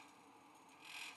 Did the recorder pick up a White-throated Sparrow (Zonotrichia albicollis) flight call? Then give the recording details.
no. No flight call is heard. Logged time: 05:50 on 5 December 2014